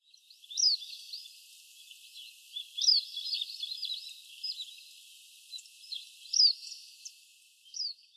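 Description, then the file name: Pallas's rosefinch calls: short, thin, high chirps scattered irregularly, some clustered and overlapping, over a steady background hiss. Recorded in Tottori on 3 December 2012. "omashiko tottori kuroda"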